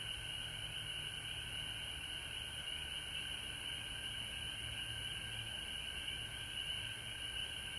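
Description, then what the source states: Frogs calling together in a constant high trilling chorus, steady throughout, with a soft low rumble underneath. Frogs calling at home in Georgia, recorded March 19, 2020.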